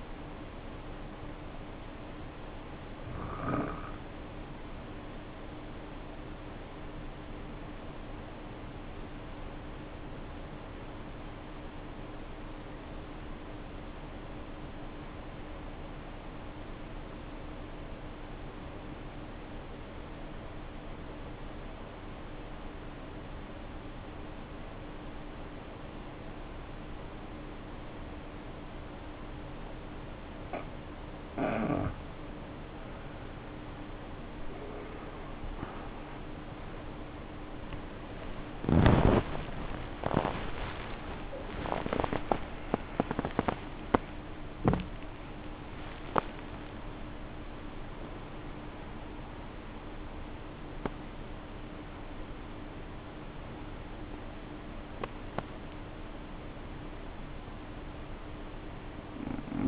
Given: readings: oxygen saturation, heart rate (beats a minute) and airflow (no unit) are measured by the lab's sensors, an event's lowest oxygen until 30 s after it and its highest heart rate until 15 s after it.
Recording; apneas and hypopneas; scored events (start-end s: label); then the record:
breathing in sleep by a voice recorder at the bedside; 1
4.00-29.20 s: obstructive apnea (N2, oxygen 95% highest, then 75% lowest, heart rate 50 at the start, 79 highest)
44.00-59.68 s: new sleep stage, N1 (lightest sleep)
From the record:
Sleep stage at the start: N2 (light sleep); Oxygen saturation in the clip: 75 to 95%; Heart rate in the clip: 50 to 81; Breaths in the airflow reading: 4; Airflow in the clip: -6.6 to 10.5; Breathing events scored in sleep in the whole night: 520 in 7.2 hours asleep